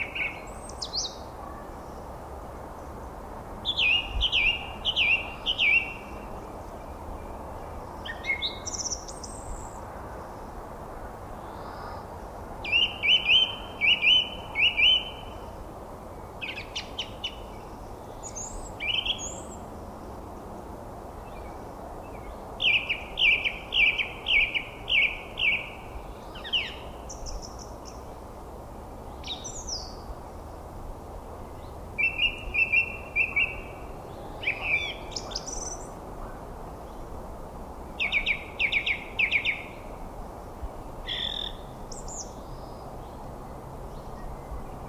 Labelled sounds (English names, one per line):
Song Thrush song